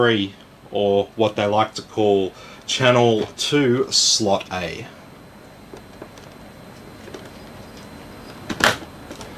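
A DDR memory module is pressed evenly on both sides into the motherboard DIMM slot (channel 2 slot A). Someone talks for the first five seconds, then after a few faint ticks a sharp click at 8.6 s marks the plastic retention clips snapping shut. The module is seated and the memory is installed.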